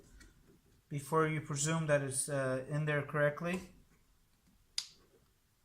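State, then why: Seated. Someone talks, then at 4.8 seconds a plastic wiring harness connector is pushed onto an LED headlight bulb on a 3rd-generation (2010–2015) Toyota Prius and latches with a single sharp click. The connector is seated.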